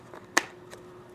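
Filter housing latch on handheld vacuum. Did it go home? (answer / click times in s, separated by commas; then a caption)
released / 0.4 s. The plastic filter compartment latch on a 2025 Oxilam 4-in-1 battery-powered handheld vacuum cleaner is unlatched so the filter can be replaced or cleaned. A sharp, bright click at 0.4 s releases the housing open, with faint softer ticks around 0.2 s and 0.7 s against a low steady hum.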